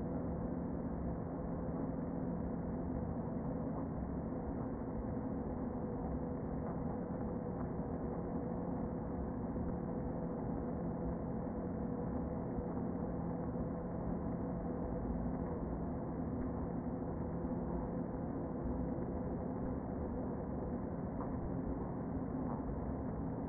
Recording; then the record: honeybee colony, microphone inside the hive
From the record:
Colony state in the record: queen present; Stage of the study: before two queens were removed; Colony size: about 60,000 bees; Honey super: yes